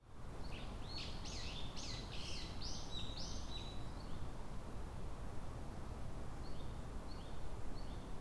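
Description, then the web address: Japanese tit repeating quick two-note phrases, a high note dropping to a lower one, several times in a burst, then softer similar phrases later over low steady rumble. Recorded on 30 April 2018. "kotorinomori kotori sijukara"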